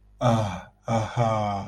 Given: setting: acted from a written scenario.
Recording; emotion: vocal sound without words; romantic love